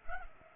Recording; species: mosquito wingbeat signal from an infrared sensor; Culex pipiens